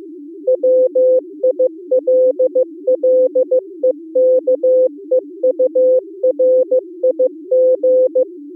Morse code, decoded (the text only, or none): WILLEKEURIG